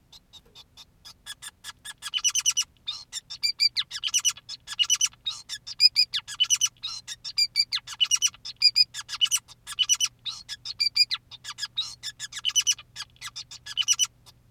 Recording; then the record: song of a male Bengalese finch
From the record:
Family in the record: son of father 2, and himself father 5